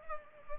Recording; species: mosquito wingbeat signal from an infrared sensor; Culex pipiens